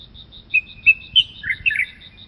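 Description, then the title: Light-vented Bulbul uttering a brisk run of chirps and slurred notes. Noted during birdwatching at Baiyangdian, China; nicknamed the 'centenarian' (百岁老翁). "家住白洋淀——我的观鸟笔记 “百岁老翁”白头鹎"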